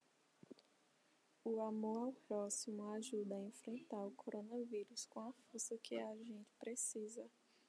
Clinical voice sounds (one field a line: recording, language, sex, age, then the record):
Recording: spoken sentence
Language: Brazilian Portuguese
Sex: female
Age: 20 to 29 years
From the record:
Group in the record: control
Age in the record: 26 years